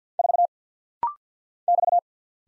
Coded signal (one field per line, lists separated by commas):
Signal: Morse code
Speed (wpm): 50 wpm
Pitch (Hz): 700 Hz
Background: none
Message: 4 <BT>